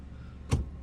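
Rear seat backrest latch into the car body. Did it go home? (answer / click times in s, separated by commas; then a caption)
yes / 0.5 s. The folded rear seat back of a compact 660cc kei car is pushed up until its latch locks into the car body. A single sharp click sounds at 0.5 s over a low background hum, and the seat back is latched upright.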